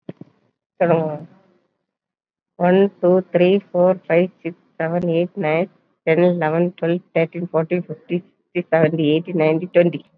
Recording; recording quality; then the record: counting at a fast pace; excellent, no background noise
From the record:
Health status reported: COVID-19 positive, mild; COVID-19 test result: positive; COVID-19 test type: RT-PCR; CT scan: not taken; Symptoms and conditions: cough, cold, fatigue, hypertension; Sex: female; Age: 58 years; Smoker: no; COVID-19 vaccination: none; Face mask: worn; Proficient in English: no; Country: India